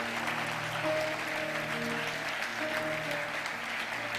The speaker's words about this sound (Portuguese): Aplaudo o Senhor nesta manhã.